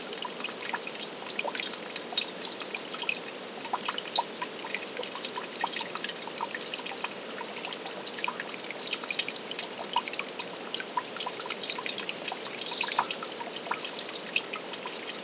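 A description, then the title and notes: A brook trickles steadily, a dense bright splashing with countless small drips and plinks scattered throughout and almost no low rumble. Near the twelve-second mark a short high chirp rises briefly above the water, then fades. Brookside Meditation.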